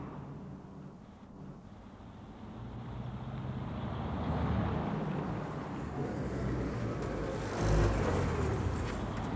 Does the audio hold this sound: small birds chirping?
no